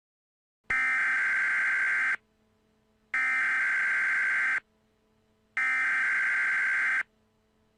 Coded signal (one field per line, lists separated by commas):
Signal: Emergency Alert System (SAME) tones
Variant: header bursts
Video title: EAS Scenario #4 Flying Butts